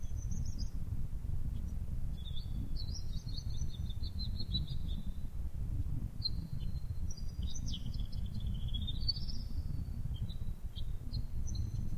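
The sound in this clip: Bird song: a string of high, twittering whistled notes rising and falling in quick runs, against a steady low background hum.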